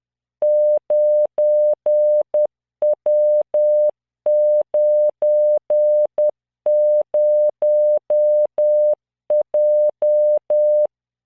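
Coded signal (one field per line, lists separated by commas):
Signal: Morse code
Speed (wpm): 10 wpm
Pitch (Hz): 600 Hz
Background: none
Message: 9W90J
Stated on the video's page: Morse practice drill at 10 WPM, 600 Hz tone, standard 3-dot spacing, random five-character groups generated by CW training software.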